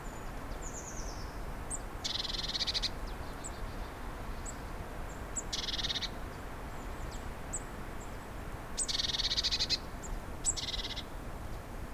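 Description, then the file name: Eurasian blue tit making repeated buzzy churring scolds, several bursts a few seconds apart, mixed with thin high call notes and a constant low rumble. "Cyanistes caeruleus"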